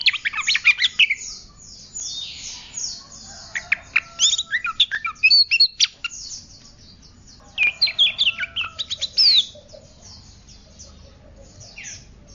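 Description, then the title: Oriental magpie-robin song: several rapid bursts of varied chirps and sharp notes separated by pauses, over steady background noise. "Kacer"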